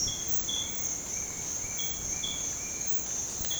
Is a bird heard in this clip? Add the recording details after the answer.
no. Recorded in dense forest near Puerto Asís, Putumayo, Colombia, on 20 December 2024 at 06:30. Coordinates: 0.466, -76.327. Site G075